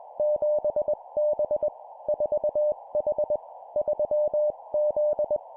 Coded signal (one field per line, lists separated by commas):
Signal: Morse code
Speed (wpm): 21 wpm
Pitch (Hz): 600 Hz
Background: none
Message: 7B 4H 3Z